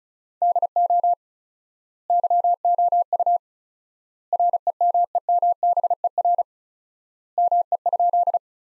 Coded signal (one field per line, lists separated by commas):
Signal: Morse code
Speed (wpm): 36 wpm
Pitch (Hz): 700 Hz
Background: none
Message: DO YOU REMEMBER ME?